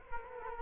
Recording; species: mosquito wingbeat signal from an infrared sensor; Culex quinquefasciatus